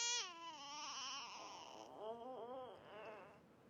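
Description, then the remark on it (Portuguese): A baby boy cries in a continuous high-pitched wail as someone frightens him, wavering and then breaking into shorter, sobbing bursts, heard alone without talk. “Para, tá assustando ele.”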